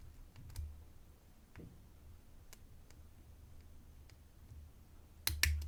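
A practice lock is picked with an improvised pick card and a turning tool, giving faint scattered ticks over a quiet background. At 5.3 and 5.4 seconds two loud, sharp clicks ring out as the plug/shackle releases and the lock pops open, followed by a softer tick.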